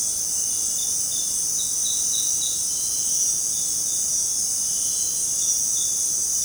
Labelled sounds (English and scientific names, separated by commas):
none